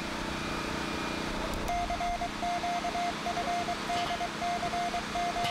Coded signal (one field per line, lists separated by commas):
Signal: Morse code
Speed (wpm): 23 wpm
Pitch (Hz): 700 Hz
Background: none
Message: CQ FD CM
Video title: 2003 ARRL Amateur Radio Field Day at W5GAD (Raw Video)